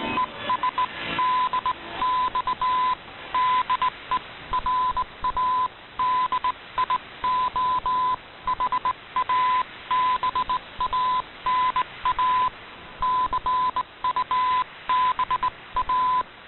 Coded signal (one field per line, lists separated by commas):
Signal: Morse code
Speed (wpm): 18 wpm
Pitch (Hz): 1010 Hz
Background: radio noise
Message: ES DX DE RADIOHABANA CUBA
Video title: Radio Havana Cuba DXers Unlimited Dec 29 2019 on 15140Khz Shortwave Radio R8600